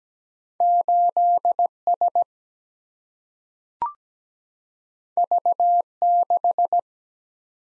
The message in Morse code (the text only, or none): 8 S V 6